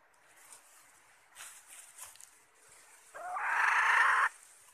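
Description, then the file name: Red junglefowl hen giving a single loud, harsh call lasting about a second, rising at the start, after a quiet stretch with faint background sounds. Female calling to find a mate. "tieng ga rung mai keu tim kiem ban tinh"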